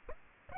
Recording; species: mosquito wingbeat signal from an infrared sensor; Aedes aegypti